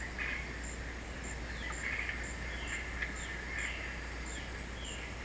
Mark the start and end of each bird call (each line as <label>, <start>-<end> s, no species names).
bird call, 1.48-5.01 s